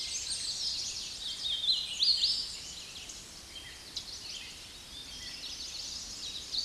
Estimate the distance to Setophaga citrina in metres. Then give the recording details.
about 30 m. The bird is about level with the microphone. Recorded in a Pennsylvania forest on 16 May 2024 at 07:26. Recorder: AudioMoth, point MSD-2143. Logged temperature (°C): 16.0 °C. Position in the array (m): 30 m, 146 m